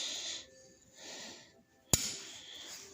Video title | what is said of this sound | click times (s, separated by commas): Rebuilding driveshafts on Dodge cummins | there's one in there's one you can kind of hear it snap | 1.9 s